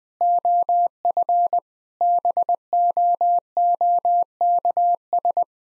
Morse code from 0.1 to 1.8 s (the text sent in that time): OF